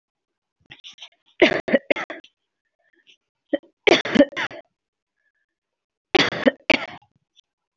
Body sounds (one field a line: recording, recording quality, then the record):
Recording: heavy voluntary cough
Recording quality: excellent, no background noise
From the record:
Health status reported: healthy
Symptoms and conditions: none ticked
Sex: female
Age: 31 years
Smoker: not ticked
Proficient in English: yes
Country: India